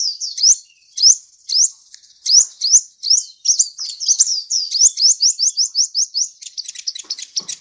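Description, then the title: Sunbird song: loud, high upslurred notes spaced about half a second apart, then quickening into a steady rapid series that ends in fast buzzy chatter. Selected ninja sunbird song, described as melodious, clear and loud, collected as master song for training cage birds. "Suara Kolibri Ninja Pilihan MERDU, JELAS DAN LANTANG Cocok Dijadikan Masteran Burung Anda"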